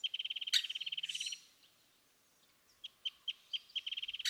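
California thrasher song: a fast rattling trill, a short pause, then spaced single chips building into another rapid trill.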